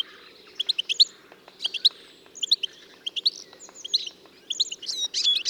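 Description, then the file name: European goldfinch calls: bright, high twittering chirps in short clusters roughly once a second, ending in a denser run of liquid notes. "Carduelis carduelis"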